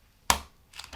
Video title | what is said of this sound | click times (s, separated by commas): J'apprends à mon Neveu de 9 ANS à Monter un PC GAMER | Voilà, tu vois, c'est clipsé, c'est en Je vais place. | 0.3 s